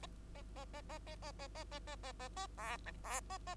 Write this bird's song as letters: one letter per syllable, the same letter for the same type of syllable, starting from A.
A A A A A A A A A A A A A B C B A A